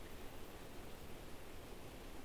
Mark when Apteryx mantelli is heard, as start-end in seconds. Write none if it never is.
none